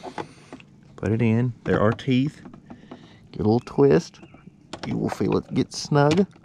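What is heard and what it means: A plastic tail light bulb socket holding an AUTOONE LED brake light bulb is handled and pushed back into the brake light housing of a 2006–2015 Honda Civic sedan, ready for a small twist to lock it. Someone talks throughout, with a few faint handling taps in between. Nothing has seated or clicked yet.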